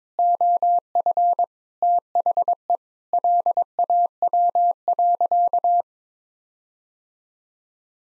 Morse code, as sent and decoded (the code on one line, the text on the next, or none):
--- ..-. / - .... . / .-.. .- .-- .-.-.-
OF THE LAW.